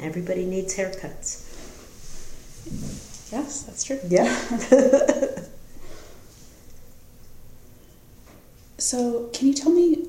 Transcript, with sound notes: Everybody needs haircuts.
Yes, that's true [laughter]
Yep [laughter]
Can you tell me